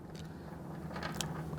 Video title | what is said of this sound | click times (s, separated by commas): Support: Approach® S10 Band Replacement | the holes, and you'll want to make sure you hear that click in order for the screws to go in properly. | 1.2 s